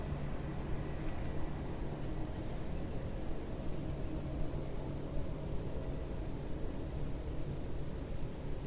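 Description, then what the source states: Cicada singing: an unbroken, shimmering high buzz holds level throughout, against soft low-frequency noise. Single cicada singing in early evening warmth in a garden with lavender and myrtle bushes, small village in Picardy, northern France.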